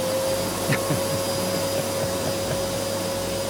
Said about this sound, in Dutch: Dat is de beroemde stofzuiger. De beroemde stofzuiger van Simon Vestdijk. In het Literatuurmuseum staat achter glas de stofzuiger van Simon Vestdijk.